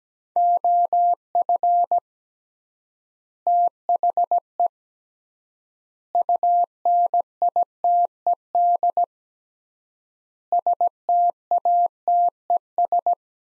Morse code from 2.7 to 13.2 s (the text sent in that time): THE UNITED STATES